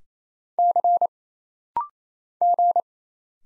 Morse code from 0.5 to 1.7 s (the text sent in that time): C